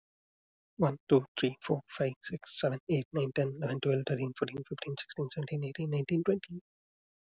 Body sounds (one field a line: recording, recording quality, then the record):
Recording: counting at a fast pace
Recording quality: excellent, no background noise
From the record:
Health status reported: healthy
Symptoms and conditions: none ticked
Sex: male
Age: 32 years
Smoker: not ticked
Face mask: not worn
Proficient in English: yes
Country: India